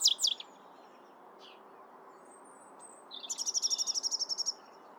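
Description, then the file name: European robin song phrase: a few sharp high notes at the start, then a quick run of thin, high, evenly spaced pulses lasting about a second and a half, over a steady background hiss. "Erithacus rubecula"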